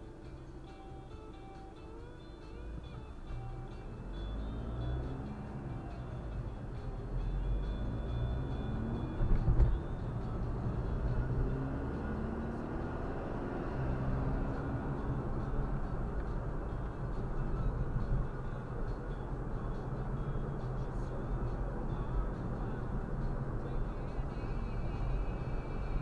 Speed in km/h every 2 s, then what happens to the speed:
0, 1, 15, 24, 36, 47, 62, 66, 62, 63, 67, 68, 71.
0-2 standing. 2-13 pulls away to 66. 13-18 steady at about 63. 18-26 speeds up to 71.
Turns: none.